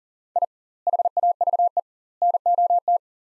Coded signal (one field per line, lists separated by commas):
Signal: Morse code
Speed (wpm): 40 wpm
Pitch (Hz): 700 Hz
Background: none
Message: I HAVE NOT